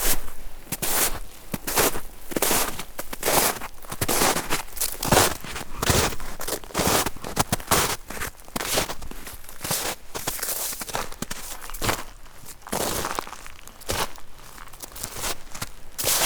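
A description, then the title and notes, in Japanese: Footsteps crunch through snow, steady, roughly two to three steps per second across the whole sixteen seconds. Each step is a bright, gritty crunch that fades quickly, leaving short gaps of quiet hiss. The crunches soften slightly toward the end. 雪を踏む音/樹海の秘境の富士山。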